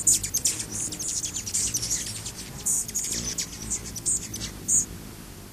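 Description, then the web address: Rufous hummingbird calls: quick, very high, thin chips in irregular bursts over a low rumbling background. "Songs of Birds of North America Stokes. Rufous Hummingbird"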